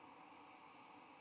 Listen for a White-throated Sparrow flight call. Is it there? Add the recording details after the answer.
no. Another species' flight call is heard. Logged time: 07:49 on 20 November 2014